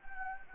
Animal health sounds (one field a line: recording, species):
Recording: mosquito wingbeat signal from an infrared sensor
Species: Anopheles gambiae